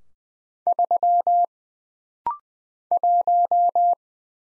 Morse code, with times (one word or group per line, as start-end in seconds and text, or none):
0.7-1.4 3
2.9-3.9 1